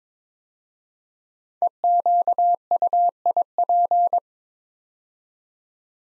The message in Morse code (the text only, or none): EQUIP